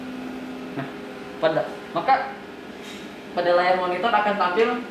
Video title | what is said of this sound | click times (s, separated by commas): Petunjuk Penggunaan Kamera Sistem KARL STORZ Image1 S | lalu dorong dan pastikan bunyi klek | 0.8 s